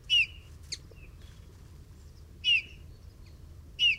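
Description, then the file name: Eurasian bullfinch calls, three soft descending whistled notes roughly one and a half to two and a half seconds apart, with a few quiet chips in between. "Pyrrhula pyrrhula"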